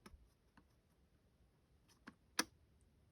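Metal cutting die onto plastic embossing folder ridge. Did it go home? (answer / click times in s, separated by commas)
yes / 2.4 s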